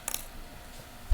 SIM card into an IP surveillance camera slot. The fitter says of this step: jusqu'à ce que j'aie le petit clic quand